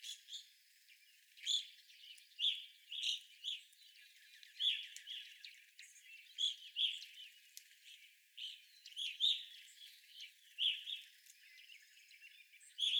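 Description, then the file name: Evening grosbeaks chirping, short ringing notes repeated throughout. Several evening grosbeaks recorded on 25 April 2021. "2021-04-25 Evening Grosbeaks"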